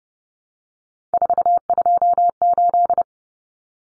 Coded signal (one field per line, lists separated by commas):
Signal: Morse code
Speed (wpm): 30 wpm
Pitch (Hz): 700 Hz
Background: none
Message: 428